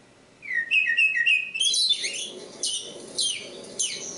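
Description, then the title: Oriental magpie-robin gives a quick series of short whistled notes, then a few sharp, descending high calls. Kacer Poci, national champion competition bird; singing gacor, with nembak and ngerol; seven kinds of kacer sound every three minutes. "Kacer Poci Gacor Nembak Dan Ngerol Juara Nasional. 7 macam suara kacer setiap 3 menit"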